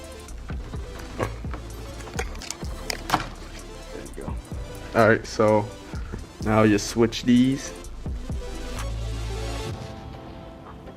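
A wire terminal pin is handled and swapped into a different cavity of a plastic taillight connector housing while repinning the harness, as someone talks over background music. Faint handling taps come through, but nothing has seated or clicked yet by the end of the clip.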